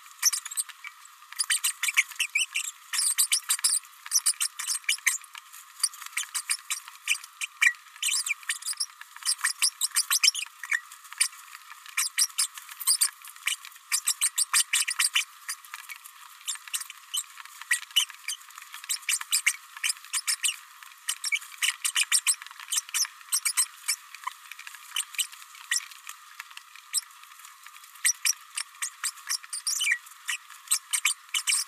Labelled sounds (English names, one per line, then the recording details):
Green-rumped Parrotlet babbling
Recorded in a nest box in Venezuela
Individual 18B104A3